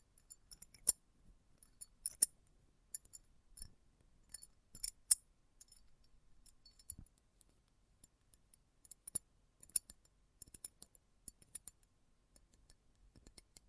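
Close up metallic sounds: sharp, bright clicks and snips like scissor blades, coming in irregular bursts across the whole stretch. Some are isolated, others cluster in quick runs, with near silence between and a few soft low thumps.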